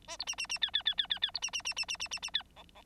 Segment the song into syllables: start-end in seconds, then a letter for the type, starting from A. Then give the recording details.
0.07-0.17 A, 0.19-0.25 B, 0.27-0.35 C, 0.38-0.47 C, 0.49-0.58 C, 0.61-0.71 D, 0.73-0.83 D, 0.85-0.95 D, 0.97-1.07 D, 1.09-1.19 D, 1.22-1.31 D, 1.34-1.40 B, 1.42-1.50 C, 1.53-1.62 C, 1.65-1.74 C, 1.76-1.85 C, 1.88-1.97 C, 1.99-2.08 C, 2.11-2.19 C, 2.22-2.30 C, 2.33-2.43 D, 2.56-2.63 E, 2.75-2.82 E. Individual Bird9